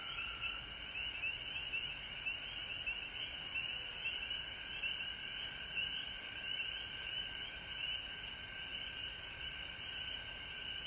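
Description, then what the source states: Frog chorus with short, sharp rising peeps repeated rapidly over a continuous high drone of many more callers. Recorded at home in Georgia on March 19, 2020.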